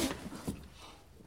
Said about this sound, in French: Qui a fait tomber son ardoise? Encore une élève sans soin, je vois.